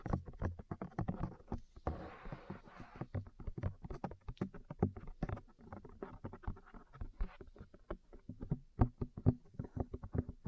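Ear cleaning and massage sounds: a steady run of soft, low thumps and taps, several per second, with no real pause. Around two to three seconds a brief rustling hiss rises under the tapping, then the dull, irregular patting carries on to the end.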